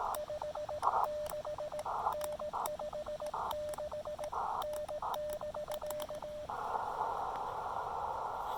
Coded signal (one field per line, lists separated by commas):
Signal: Morse code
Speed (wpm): 18 wpm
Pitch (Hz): 590 Hz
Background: radio noise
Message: 56N 56N <BK>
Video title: Solar Flare! QRP SOTA Activation of The Pinnacle with the Chameleon MPAS Lite and Elecraft KX2